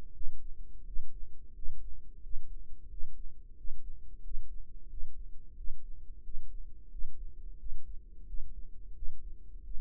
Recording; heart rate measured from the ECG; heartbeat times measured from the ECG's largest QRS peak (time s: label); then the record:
heart sounds by microphone in the right ear; 88 bpm
0.11 s: heartbeat
0.84 s: heartbeat
1.53 s: heartbeat
2.20 s: heartbeat
2.87 s: heartbeat
3.54 s: heartbeat
4.21 s: heartbeat
4.87 s: heartbeat
5.54 s: heartbeat
6.21 s: heartbeat
6.89 s: heartbeat
7.56 s: heartbeat
8.24 s: heartbeat
8.92 s: heartbeat
9.62 s: heartbeat
From the record:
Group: healthy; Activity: Valsalva maneuver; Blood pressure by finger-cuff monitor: 65/44 mmHg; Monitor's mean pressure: 52 mmHg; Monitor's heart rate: 89 bpm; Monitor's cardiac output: 6.7 L/min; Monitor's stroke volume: 76 mL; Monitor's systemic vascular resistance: 540 dyn s/cm5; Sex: female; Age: 19 years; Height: 163 cm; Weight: 48.9 kg